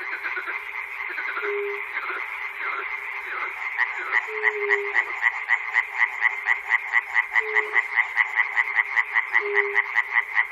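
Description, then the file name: Frog chorus, dense overlapping croaks becoming more rhythmic and pulsed midway, with brief low tones now and then. Recorded at Chernobyl. "peter cusack-chernobyl frogs"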